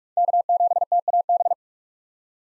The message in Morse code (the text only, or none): K7TAB